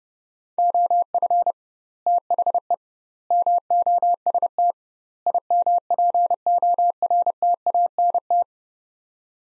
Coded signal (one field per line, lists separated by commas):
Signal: Morse code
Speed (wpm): 30 wpm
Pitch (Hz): 700 Hz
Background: none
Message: OF THE MOST IMPORTANT